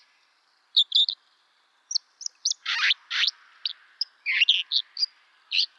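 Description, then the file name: Dipper song: a varied string of short, high chirps and sharp notes, with a pair of harsher buzzy bursts near the middle, delivered in quick irregular bursts. "suara burung dipper"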